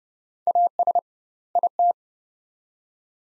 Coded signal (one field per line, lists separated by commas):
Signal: Morse code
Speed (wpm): 30 wpm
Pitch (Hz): 700 Hz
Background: none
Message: AS IT